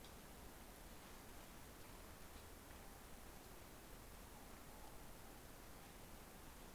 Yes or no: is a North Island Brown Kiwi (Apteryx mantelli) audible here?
no